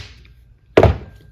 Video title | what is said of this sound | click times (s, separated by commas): This is why Phillips screws are becoming obsolete! #diy #reels #viral | I know that was not cam out, that was the clutch engaging. | 0.8 s